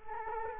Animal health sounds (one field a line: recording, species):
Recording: mosquito wingbeat signal from an infrared sensor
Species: Culex quinquefasciatus